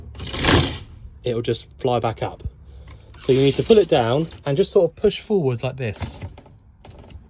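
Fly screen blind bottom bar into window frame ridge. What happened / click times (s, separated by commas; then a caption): Handled, not yet home: the screen's bottom bar has not locked yet / none. On an Ace Airstream 630p motorhome, a window fly screen blind is pulled down and pushed forward so its bottom bar can catch behind a small ridge in the window frame and hold. Someone talks throughout, with a broad rustling burst near the start and a few faint ticks around 6.6 to 7.1 seconds. Nothing has seated or clicked yet.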